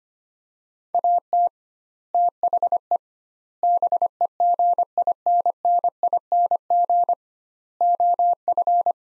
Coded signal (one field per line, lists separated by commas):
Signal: Morse code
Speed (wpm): 25 wpm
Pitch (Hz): 700 Hz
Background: none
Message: AT THE BEGINNING OF